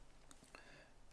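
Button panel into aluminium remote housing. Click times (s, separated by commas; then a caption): 0.3 s, 0.5 s. During a battery change on a Bang & Olufsen BeoRemote One, the button panel is slid into the remote's aluminium housing. Two short, sharp clicks ring out at 0.3 s and 0.6 s as the panel snaps into place and seats.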